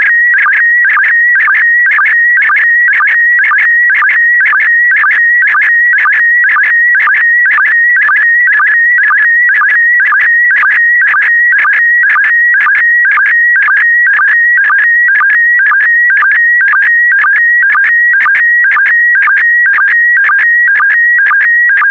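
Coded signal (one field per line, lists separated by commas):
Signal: SSTV (slow-scan television)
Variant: PD120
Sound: warbling high tone scanning lines, with a short low blip twice a second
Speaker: the next image transmission will start in 10 seconds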